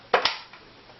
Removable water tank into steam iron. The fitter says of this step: and it snaps back in like so,